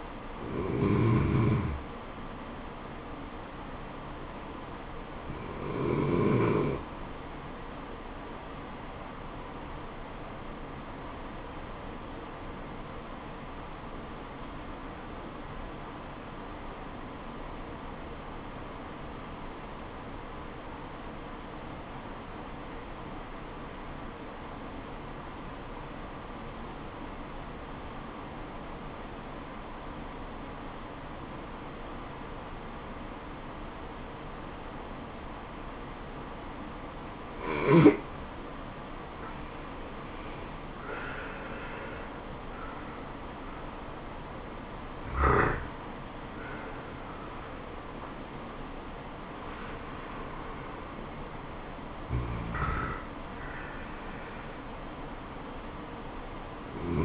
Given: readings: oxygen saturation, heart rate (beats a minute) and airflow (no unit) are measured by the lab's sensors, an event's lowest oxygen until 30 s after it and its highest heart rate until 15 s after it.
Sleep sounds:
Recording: breathing in sleep by a voice recorder at the bedside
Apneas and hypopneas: 1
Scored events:
10.00-40.80 s: obstructive apnea (N1, oxygen 97% highest, then 82% lowest, heart rate 75 at the start, 78 highest)
From the record:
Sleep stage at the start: N1 (lightest sleep)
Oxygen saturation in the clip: 86 to 97%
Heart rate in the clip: 65 to 78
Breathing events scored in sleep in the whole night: 426 in 7.4 hours asleep

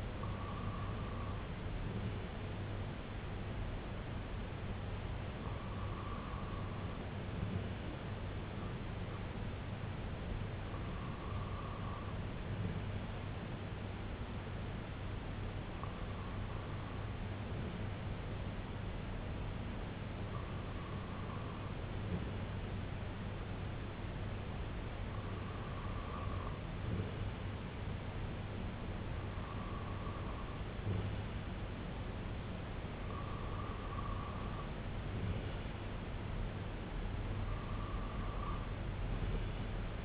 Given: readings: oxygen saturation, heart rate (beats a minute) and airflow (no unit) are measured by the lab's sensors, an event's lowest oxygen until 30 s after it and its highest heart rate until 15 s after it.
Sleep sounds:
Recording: breathing in sleep by a voice recorder at the bedside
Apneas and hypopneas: 1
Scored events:
11.00-32.30 s: hypopnea (REM, oxygen 98% highest, then 95% lowest, heart rate 66 at the start, 77 highest)
From the record:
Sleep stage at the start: REM sleep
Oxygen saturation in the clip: 97 to 98%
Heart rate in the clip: 60 to 69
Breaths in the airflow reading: 9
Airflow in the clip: -5.7 to 3.0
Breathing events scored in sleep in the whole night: 258 in 7.4 hours asleep

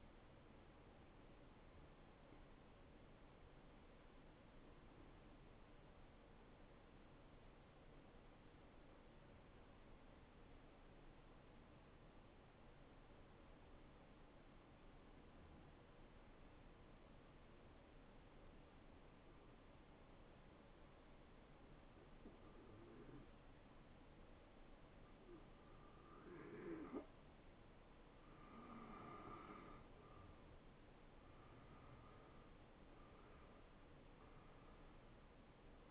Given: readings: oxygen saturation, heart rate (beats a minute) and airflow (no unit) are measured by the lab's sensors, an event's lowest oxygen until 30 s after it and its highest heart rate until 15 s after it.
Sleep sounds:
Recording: breathing in sleep by a voice recorder at the bedside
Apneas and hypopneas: 1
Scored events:
0.00-6.00 s: awake
5.00-35.90 s: new sleep stage, N1 (lightest sleep)
6.00-31.30 s: hypopnea (N1, oxygen 96% highest, then 89% lowest, heart rate 64 at the start, 71 highest)
From the record:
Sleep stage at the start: awake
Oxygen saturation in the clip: 91 to 96%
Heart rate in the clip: 59 to 67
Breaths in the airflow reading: 9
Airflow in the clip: -13.4 to 7.9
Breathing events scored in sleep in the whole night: 263 in 5.5 hours asleep

